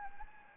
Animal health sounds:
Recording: mosquito wingbeat signal from an infrared sensor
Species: Anopheles arabiensis

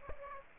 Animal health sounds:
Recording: mosquito wingbeat signal from an infrared sensor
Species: Aedes aegypti

